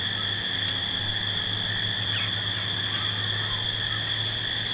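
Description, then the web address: Field crickets give a steady, unbroken high chorus of shrill tones, with a faint sliding note from another creature in the background. Field crickets at night. "Dr Sound Effects. Field Crickets At Night"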